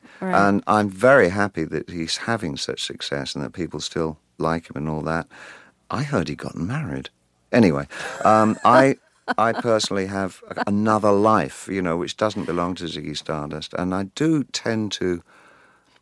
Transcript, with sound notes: And I'm very happy that he's having such success and that people still like him and all that. I heard he got married. Anyway...
(Laughter).
I personally have another life, you know, which doesn't belong to Ziggy Stardust. And I do tend to